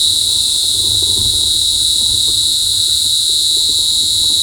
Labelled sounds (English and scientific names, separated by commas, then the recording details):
none
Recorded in forest near Pivijay, Magdalena, Colombia, on 13 April 2023 at 15:00
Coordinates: 10.467, -74.380
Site Z5-G034